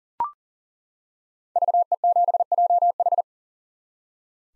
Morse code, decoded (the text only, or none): VE7JH